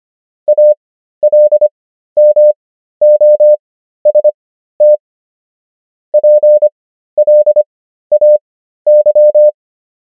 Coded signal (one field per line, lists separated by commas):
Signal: Morse code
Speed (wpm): 25 wpm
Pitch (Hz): 600 Hz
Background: none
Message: ALMOST PLAY